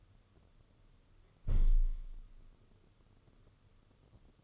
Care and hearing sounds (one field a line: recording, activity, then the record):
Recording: daily activity, microphone in the room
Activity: close window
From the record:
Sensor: 4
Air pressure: 995.2 hPa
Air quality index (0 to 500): 190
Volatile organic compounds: 118 ppm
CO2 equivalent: 3863 ppm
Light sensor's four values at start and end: 5/10/4/4 and 4/9/3/4